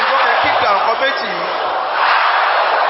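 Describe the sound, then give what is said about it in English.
An audience shouts a prayer together, "Arrows of confusion, arrows of error," a loud, dense roar of many voices blending into one sustained wash that dips briefly midway before surging again. “Can I hear you shouting those two things?”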